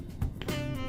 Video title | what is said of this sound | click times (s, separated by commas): ARMADO Y DESARMADO DE CONECTOR DT | you go now the contacts are locked into place everything is safe and secure like | 0.4 s